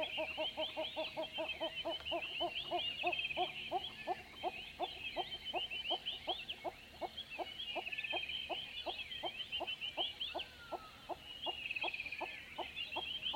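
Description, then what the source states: Hornbill calls: a long run of hollow clucks, fast at first and then slowing to evenly spaced notes, under a constant chorus of high chirping birds. Dawn recordings in savannah at Mmabolela Reserve, Limpopo, South Africa, November 2016, with diffuse birdsong; two Sennheiser MKH8020 microphones in a SASS enclosure, Zoom F8 recorder.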